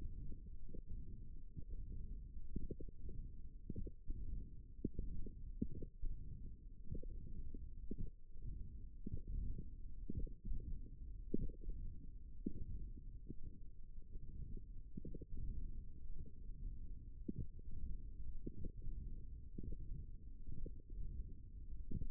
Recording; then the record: forearm muscle sounds (acoustic myography)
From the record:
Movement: hand closing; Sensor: system 1, eight BSWA MPA416 microphones around the upper forearm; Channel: 2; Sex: female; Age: 22 years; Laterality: right